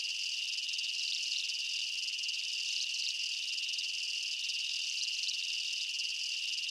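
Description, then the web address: Insect chirps form a seamless shrill wall of sound, one steady tone plus rapid overlapping buzzes. Night ambience in a jungle, insects and bugs chirping. "Blastwave INSECTS Amb Night Jungle BU. ambience insects chirps night jungle bugs"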